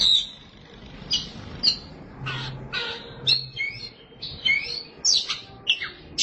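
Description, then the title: Oriental magpie-robin giving sharp whistles and harsh scratchy notes, abrupt separate phrases with frequent short gaps. Chirping song (kicauan) of the bird. "Suara Kicauan Burung Kacer Durasi Panjang"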